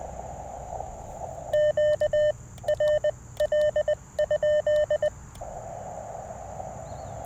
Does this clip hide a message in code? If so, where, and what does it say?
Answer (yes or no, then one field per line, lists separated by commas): yes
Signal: Morse code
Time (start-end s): 1.5-5.1 s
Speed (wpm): 20 wpm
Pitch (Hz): 600 Hz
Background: none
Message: Q RL?